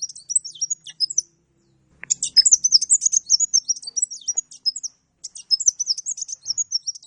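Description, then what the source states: Oriental magpie-robin singing a long, fast, varied stream of high whistles, trills and scratchy notes, broken by brief pauses and a faint low knock. Champion magpie-robin singing lively and continuously; used to tutor caged songbirds (masteran).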